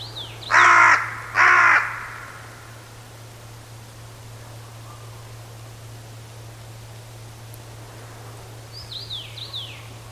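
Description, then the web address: Bird giving two loud, harsh, cawing calls in quick succession, then a few faint high chirps near the end, over a steady low hum. "Bird Only"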